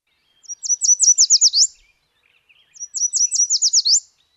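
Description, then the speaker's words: Yellow Warbler song, two bright quick phrases of high sweet notes, each just over a second long. Birders remember the song with the mnemonic 'Sweet, sweet, sweeter than sweet.'. "yellow warblers say, "Sweet, sweet, sweeter than sweet.""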